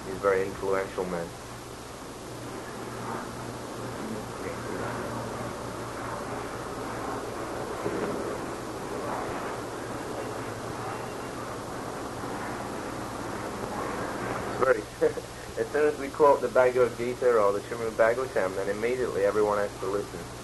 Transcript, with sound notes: He’s very influential man. It’s very... [laughs] As soon as we quote the Bhagavad-gītā or the Śrīmad-Bhāgavatam, then immediately everyone has to listen.